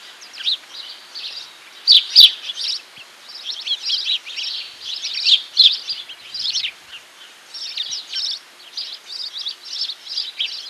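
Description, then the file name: House sparrow chirps, a busy run of short bright chips and chirrups, several a second, in irregular clusters throughout. "Passer domesticus"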